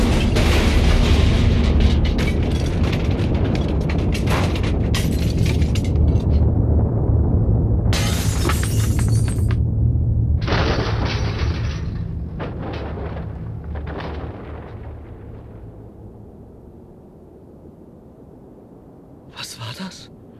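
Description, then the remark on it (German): A car engine blows up with a loud, rumbling blast, then the car falls apart like scrap in a series of crashing, clattering bursts of metal debris that gradually die away, with one last rattle at the end. “Das war mal unser Auto. Aber das kann doch nicht sein. Auseinandergefallen. Wie Schrott.”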